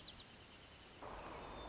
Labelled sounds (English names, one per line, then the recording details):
White-crowned Sparrow
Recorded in Sonoma County, California